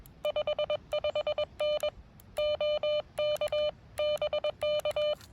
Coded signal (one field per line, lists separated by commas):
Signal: Morse code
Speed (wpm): 21 wpm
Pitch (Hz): 590 Hz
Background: none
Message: 55N OK BK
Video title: KI5GBQ at K-2779 Morse Code Activation